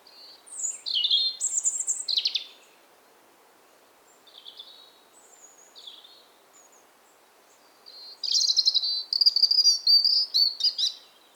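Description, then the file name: European robin song: two long, high, varied phrases of thin warbled and trilled notes separated by a quiet pause with faint softer notes between. "Erithacus rubecula 240917"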